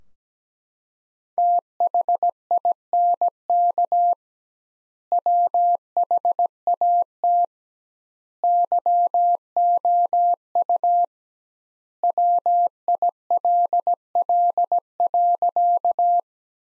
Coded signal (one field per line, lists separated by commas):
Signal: Morse code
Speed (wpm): 17 wpm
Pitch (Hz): 700 Hz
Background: none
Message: THINK WHAT YOU WILL.